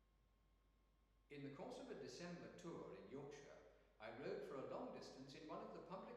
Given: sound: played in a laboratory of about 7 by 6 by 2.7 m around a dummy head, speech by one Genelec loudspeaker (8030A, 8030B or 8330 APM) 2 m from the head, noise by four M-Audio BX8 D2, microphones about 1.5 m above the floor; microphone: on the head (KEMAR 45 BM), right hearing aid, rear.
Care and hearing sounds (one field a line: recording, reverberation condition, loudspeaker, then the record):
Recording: male speech in English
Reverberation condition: high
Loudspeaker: 60 degrees to the right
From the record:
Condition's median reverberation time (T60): about 1300 ms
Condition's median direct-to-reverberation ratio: about -4.0 dB